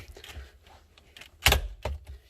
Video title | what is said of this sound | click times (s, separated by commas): Installation tutorial for 2018-2020 Jeep Wrangler with OEM backup camera | You kind of hear it click a little as it comes out. | 1.5 s